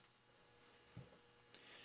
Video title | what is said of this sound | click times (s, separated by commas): Borka BTD Instructions | the t20 bit is very straightforward all we have to do is just take it and just place it in there it's locked in it's not going to come out | 1.5 s